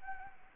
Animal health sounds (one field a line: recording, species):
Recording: mosquito wingbeat signal from an infrared sensor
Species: Anopheles arabiensis